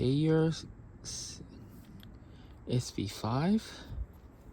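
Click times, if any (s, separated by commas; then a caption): none. Someone talks while handling the leg of a small aluminium Cayer SV5 tabletop tripod, moving it toward its hinge detent position. The leg has not clicked into place yet; nothing has seated by the end of the clip.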